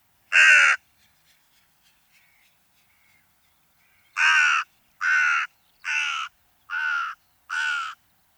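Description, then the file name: Carrion crow calling a single hoarse caw, a pause of several seconds with faint clicks, then a steady series of five rasping caws spaced under a second apart. "Corvus corone"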